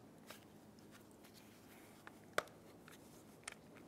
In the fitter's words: there we go make sure you press it in there until it clicks and it shouldn't want to pop right out